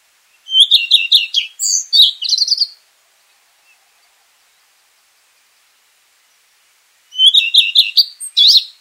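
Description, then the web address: Redstart singing two brief high-pitched verses, a quick run of repeated chirping notes ending in varied scratchy twitters, separated by a few seconds of silence. 11 June 2026 at 04:00. "Sounds redstart 20260611 0400"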